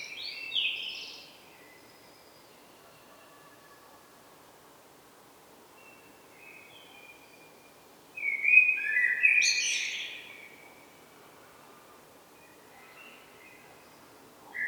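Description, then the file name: Common blackbird song: two warbled phrases with high twittering ends, separated by about seven seconds of quiet. "Turdus merula"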